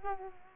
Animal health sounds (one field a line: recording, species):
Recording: mosquito wingbeat signal from an infrared sensor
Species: Culex quinquefasciatus